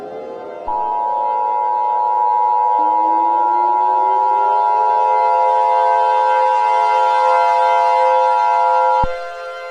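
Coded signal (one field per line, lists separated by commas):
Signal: Emergency Alert System (SAME) tones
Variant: 853 and 960 Hz attention tone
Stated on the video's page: Simulated EAS scenario.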